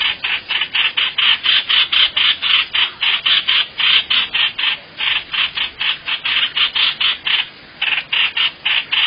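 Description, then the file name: Bird producing rapid scratchy notes in a long series, briefly stopping near the end before continuing. "tieng chim hoanh hoach"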